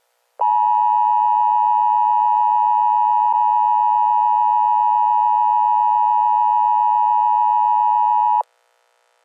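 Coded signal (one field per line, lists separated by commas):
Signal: Emergency Alert System (SAME) tones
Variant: 853 and 960 Hz attention tone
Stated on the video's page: Tornado warning SAME tones made as a free sound effect template, not a real alert.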